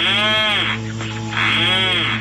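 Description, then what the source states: Rhinoceros Auklet call, two long moaning groaning notes with a rich harmonic tone, each arching up and down, separated by a short pause. Species breeds from California to the Aleutian Islands and nests in burrows on islands.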